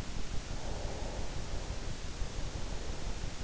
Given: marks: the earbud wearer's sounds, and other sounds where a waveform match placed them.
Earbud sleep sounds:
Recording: sounds in sleep by an in-ear microphone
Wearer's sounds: breath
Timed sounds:
0.38-3.42 s: breath

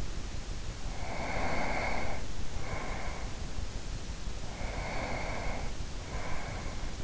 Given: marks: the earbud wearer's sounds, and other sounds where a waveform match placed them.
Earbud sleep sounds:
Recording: sounds in sleep by an in-ear microphone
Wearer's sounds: breath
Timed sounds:
0.86-3.50 s: breath
4.57-7.03 s: breath

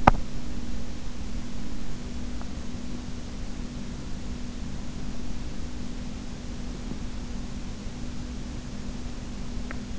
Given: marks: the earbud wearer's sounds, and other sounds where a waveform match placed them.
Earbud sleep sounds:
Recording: sounds in sleep by an in-ear microphone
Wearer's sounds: teeth grinding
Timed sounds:
0.00-0.26 s: teeth grinding
9.56-9.92 s: teeth grinding

